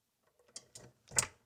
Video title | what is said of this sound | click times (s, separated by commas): Leaky Faucet Ruining Your Bathroom? Do This Instead | And again, I heard that click. | 0.6 s